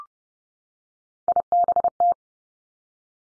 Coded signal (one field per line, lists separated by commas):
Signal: Morse code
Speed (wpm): 30 wpm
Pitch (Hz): 700 Hz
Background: none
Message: IBT